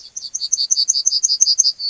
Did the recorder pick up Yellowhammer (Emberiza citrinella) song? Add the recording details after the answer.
yes. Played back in grassland. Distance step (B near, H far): B. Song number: 143